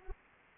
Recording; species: mosquito wingbeat signal from an infrared sensor; Anopheles arabiensis